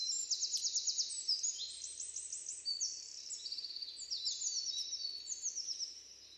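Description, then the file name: Eurasian wren song, very high rapid trills in overlapping runs, fading toward the end. "Troglodytes troglodytes"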